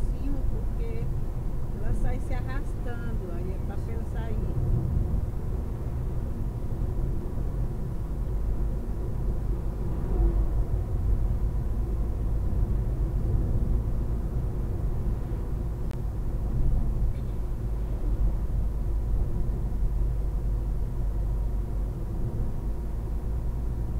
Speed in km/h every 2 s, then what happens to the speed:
72, 72, 70, 70, 70, 71, 72, 72, 71, 69, 68, 68.
0-24 steady at about 70.